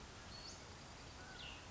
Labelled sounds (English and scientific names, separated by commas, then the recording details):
Cassin's Vireo (Vireo cassinii)
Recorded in Sonoma County, California